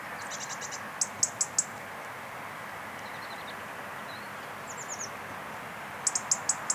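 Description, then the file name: European robin song: short trains of high, tinkling repeated notes at the start and end, with softer, lower twittering and slurred notes in the middle, over constant background hiss. "Erithacus rubecula"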